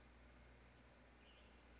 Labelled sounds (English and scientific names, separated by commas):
Western Tanager (Piranga ludoviciana)